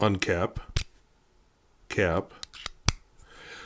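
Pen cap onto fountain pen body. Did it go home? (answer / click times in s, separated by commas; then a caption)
yes / 2.9 s. Someone talks while a cap is pushed onto the body of a metal Parker Sonnet fountain pen, with a few light taps before it snaps shut with a sharp click at 2.9 s. The cap seats fully, giving a more satisfying click than the other pen's, though slightly exaggerated.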